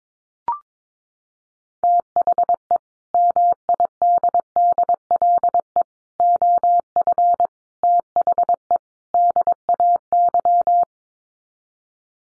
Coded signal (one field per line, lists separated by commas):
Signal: Morse code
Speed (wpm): 22 wpm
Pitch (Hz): 700 Hz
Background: none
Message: THE MIDDLE OF THE DAY